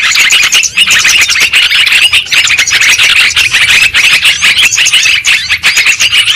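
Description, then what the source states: Shrill lovebird chatter, steady and crowded, with squealing notes and quick twitters running on without pause. Lure sound used for trapping birds.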